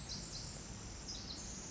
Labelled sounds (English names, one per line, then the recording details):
Pacific Wren
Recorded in Sonoma County, California